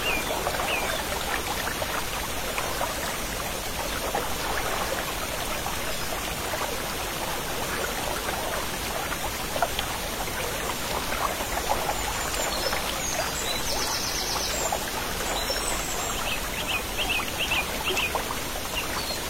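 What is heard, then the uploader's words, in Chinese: A small stream babbles steadily, its water trickling and splashing in a dense, unbroken patter. The sound stays even throughout, bright and fizzy with little low rumble, with tiny gurgles and drips flickering constantly across the flow. 小溪潺潺流水。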